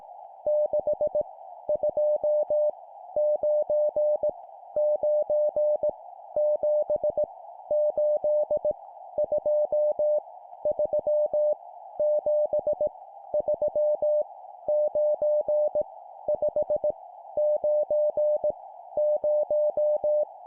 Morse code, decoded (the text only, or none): 6 2 9 9 7 8 2 3 7 3 9 5 9 0